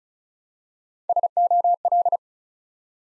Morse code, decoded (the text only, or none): SOL